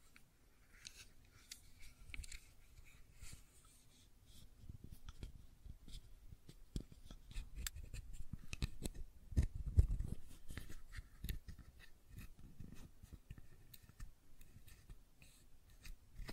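Fidget cube tapping and clicking, a steady run of small sharp clicks and soft taps packed closely across the whole stretch. The clicks are bright and crisp over a dull low thumping, growing busier and louder around the middle before easing slightly.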